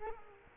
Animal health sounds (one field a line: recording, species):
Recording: mosquito wingbeat signal from an infrared sensor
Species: Culex quinquefasciatus